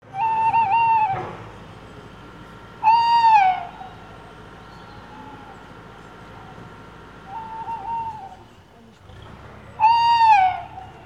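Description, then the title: Owl hooting: four clear tonal hoots, each about half a second to a second long, spaced a few seconds apart, over a steady low background hum. Played back from loudspeakers fitted in park trees ('talking trees') that broadcast animal calls. "Cri de chouette"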